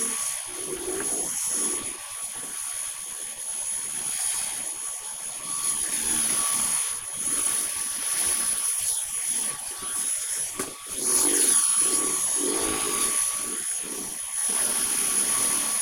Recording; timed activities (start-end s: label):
household activities, microphone on the right wrist
0.00-15.82 s: vacuum cleaning